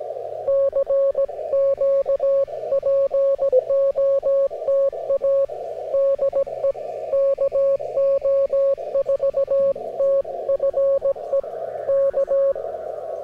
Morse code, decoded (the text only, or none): CQ POTA DE KO4TFE K